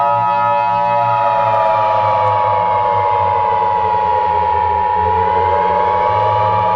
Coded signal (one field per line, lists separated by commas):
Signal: Emergency Alert System (SAME) tones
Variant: 853 and 960 Hz attention tone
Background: music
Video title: A Remastered EAS scenario: The Object Flags